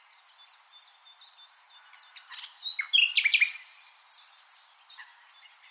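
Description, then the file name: Short common nightingale phrase of loud, tangled chirps and whistles midway. A regular string of thin, high, down-slurred notes repeats around it. "Luscinia megarhynchos"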